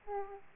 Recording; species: mosquito wingbeat signal from an infrared sensor; Aedes aegypti